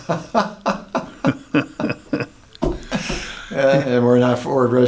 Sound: laughing